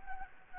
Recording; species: mosquito wingbeat signal from an infrared sensor; Anopheles arabiensis